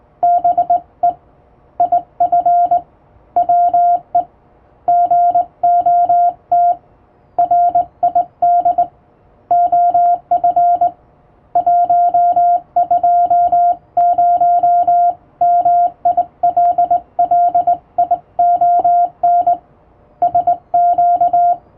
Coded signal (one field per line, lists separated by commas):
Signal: Morse code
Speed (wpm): 21 wpm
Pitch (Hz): 700 Hz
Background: music, radio noise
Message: BE IF WE GOT RID OF 120 MILLION SQ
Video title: 【モールス教室、縦振り電鍵でモールス符号を打ちました】手打ちで綺麗に打てるとカッコイイかも！欧文モールス符号を打ってみました！再生速度を調整して聴いてみよう(morse code practice)